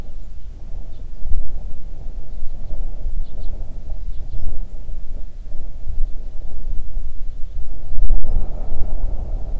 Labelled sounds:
songbird
wind
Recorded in the Arctic National Wildlife Refuge, Alaska, on 3 June 2019 at 04:34
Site 37

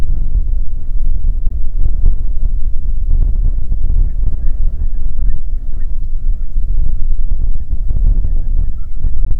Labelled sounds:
waterfowl
wind
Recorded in the Prudhoe Bay oil fields, Alaska, on 15 May 2019 at 00:02
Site 19

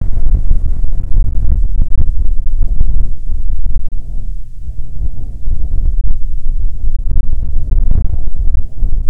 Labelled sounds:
wind
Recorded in the Prudhoe Bay oil fields, Alaska, on 30 July 2019 at 13:35
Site 13

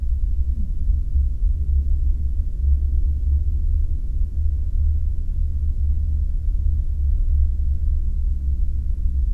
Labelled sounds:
flare stack
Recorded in the Arctic National Wildlife Refuge, Alaska, on 4 September 2019 at 20:40
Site 35

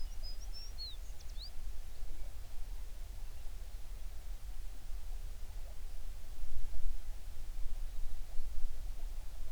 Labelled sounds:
songbird
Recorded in the Prudhoe Bay oil fields, Alaska, on 11 June 2019 at 04:38
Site 21

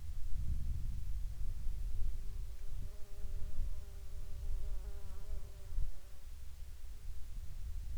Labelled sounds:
insects
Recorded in the Arctic National Wildlife Refuge, Alaska, on 10 July 2019 at 18:13
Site 44

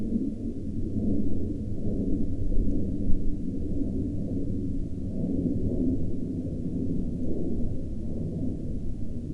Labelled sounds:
aircraft
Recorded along the Dempster Highway, Canada, on 3 October 2020 at 22:44
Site 17

